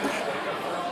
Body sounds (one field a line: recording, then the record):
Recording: coughing mixed with background sound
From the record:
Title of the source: 64 coughing, allergies, singing lungs